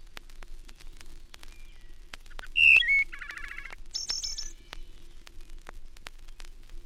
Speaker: The wood thrush delivers its shorter phrases from Canada to Florida.